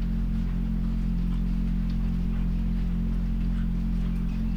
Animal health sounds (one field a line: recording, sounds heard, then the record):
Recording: poultry house recording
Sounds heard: sick chickens (respiratory disease)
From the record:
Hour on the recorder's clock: 2